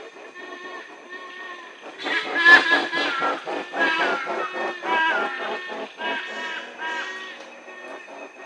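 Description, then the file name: Yellow-casqued hornbills in a chorus of harsh, nasal honks that overlap and swell after two seconds, several birds calling together. "yellow casqued hornbills birds singing"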